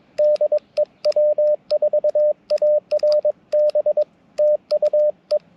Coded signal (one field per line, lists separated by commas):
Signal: Morse code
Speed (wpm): 22 wpm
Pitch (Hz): 600 Hz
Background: radio noise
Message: DE W4ARB TU E